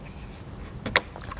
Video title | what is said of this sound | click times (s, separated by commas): etrailer - Thule SquareBar Crossbars Installation - 2020 Ford Ranger | so the last thing we want to do is put our end cap on just like this click into place | 1.0 s